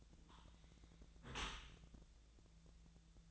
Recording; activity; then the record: daily activity, microphone in the room; close dishwasher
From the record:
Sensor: 3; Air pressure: 1000.5 hPa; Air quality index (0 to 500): 175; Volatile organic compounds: 3 ppm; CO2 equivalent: 1517 ppm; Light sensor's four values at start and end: 13/35/14/15 and 13/35/14/15